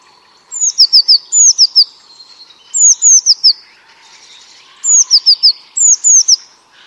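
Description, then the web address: Bird giving bursts of high, thin chirps, each burst a quick run of three to five sharply descending notes, repeated several times with short pauses. "Deverinetal 2025. Bird Only"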